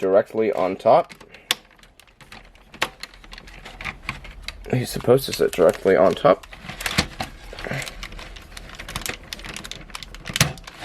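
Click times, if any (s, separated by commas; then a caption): 10.4 s. Someone talks while a plastic and diecast Leo lion zord is pressed down, after several tries, onto the top of an assembled megazord transforming robot toy, with sharp clacks and rattles between the words. The piece clicks into place on top with a quick double click at 10.4 s, and it is seated.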